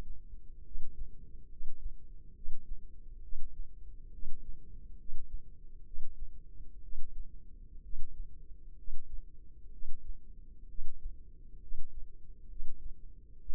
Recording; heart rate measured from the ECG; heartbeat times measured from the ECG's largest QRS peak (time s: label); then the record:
heart sounds by microphone in the left ear; 66 bpm
0.66 s: heartbeat
1.51 s: heartbeat
2.36 s: heartbeat
3.23 s: heartbeat
4.13 s: heartbeat
4.99 s: heartbeat
5.86 s: heartbeat
6.83 s: heartbeat
7.84 s: heartbeat
8.78 s: heartbeat
9.73 s: heartbeat
10.69 s: heartbeat
11.62 s: heartbeat
12.50 s: heartbeat
13.40 s: heartbeat
From the record:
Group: healthy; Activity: rest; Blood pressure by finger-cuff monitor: 142/87 mmHg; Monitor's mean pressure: 102 mmHg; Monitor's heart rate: 67 bpm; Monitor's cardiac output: 7.4 L/min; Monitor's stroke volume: 111 mL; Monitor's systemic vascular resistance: 1010 dyn s/cm5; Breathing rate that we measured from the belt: 17 breaths a minute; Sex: male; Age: 30 years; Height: 188 cm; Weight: 110.2 kg